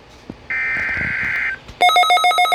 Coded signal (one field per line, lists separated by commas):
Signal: Emergency Alert System (SAME) tones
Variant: header bursts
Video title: MY 20TH EAS!!! || EAS #20: Required Weekly Test